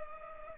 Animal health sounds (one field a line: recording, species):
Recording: mosquito wingbeat signal from an infrared sensor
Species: Culex pipiens